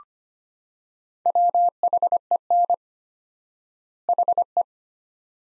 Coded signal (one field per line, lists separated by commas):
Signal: Morse code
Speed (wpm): 25 wpm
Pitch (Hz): 700 Hz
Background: none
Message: WHEN HE